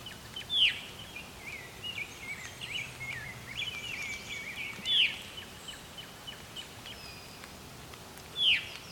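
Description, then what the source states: Veery calls, loud downslurred notes repeated about every four seconds, with softer bird song in the background. Calling energetically while opening its wings, recorded very close; the veery is named for this 'veer-u' call.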